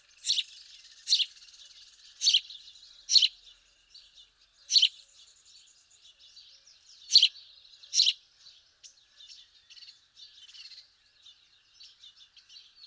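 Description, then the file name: House sparrow chirping: short, loud, bright chirps repeated irregularly, seven in the first nine seconds, over a soft continuous twittering of other sparrows. "Passer domesticus"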